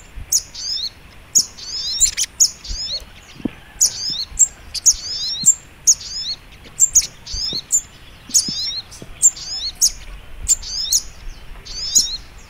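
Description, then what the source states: Little Spiderhunter delivering fast, repeated high chirps and short twittering phrases with sharp clicks, a steady stream over light background hiss. Masteran training recording, labelled Labaik.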